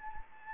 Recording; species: mosquito wingbeat signal from an infrared sensor; Anopheles gambiae